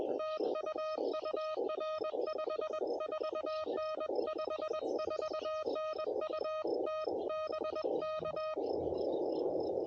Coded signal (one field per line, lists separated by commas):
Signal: Morse code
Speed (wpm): 21 wpm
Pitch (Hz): 1250 Hz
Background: music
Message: TU UR 54N 54N UT BK